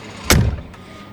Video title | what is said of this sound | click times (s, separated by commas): New Mercedes G63 G Wagon vs Ineos Grenadier: They Are The Same. | And of course we got that satisfying click when you shut it. | 0.3 s